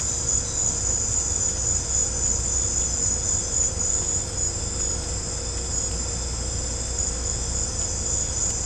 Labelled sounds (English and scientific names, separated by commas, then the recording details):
none
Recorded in pastures near Puerto Asís, Putumayo, Colombia, on 16 December 2024 at 18:00
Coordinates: 0.502, -76.324
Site G077